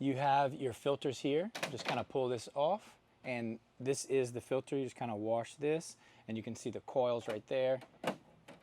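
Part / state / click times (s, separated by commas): washable air filter into the rear of a dehumidifier / seated / 8.1 s, 8.5 s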